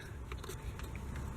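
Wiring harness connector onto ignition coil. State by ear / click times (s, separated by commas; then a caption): not seated / none. A wiring harness connector is being handled at an ignition coil on the front bank of the 3.5 V6 in a 2011-2019 Ford Explorer, as the connectors are pushed back onto the coils. Brief light ticks and taps near 0.3, 0.4, 0.8 and 1.0 seconds sit over a steady low rumble. Nothing has seated or clicked yet.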